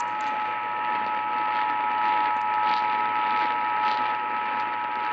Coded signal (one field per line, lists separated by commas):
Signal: Emergency Alert System (SAME) tones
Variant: 853 and 960 Hz attention tone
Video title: Your Northeast Texas Weather Fix | EAS #1769-1775 (Severe Weather Alerts from 11/10/2021)